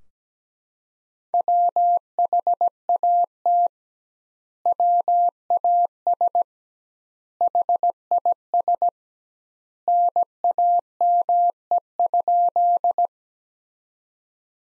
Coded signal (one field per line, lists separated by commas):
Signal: Morse code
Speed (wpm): 17 wpm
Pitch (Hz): 700 Hz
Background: none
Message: WHAT WAS HIS NAME?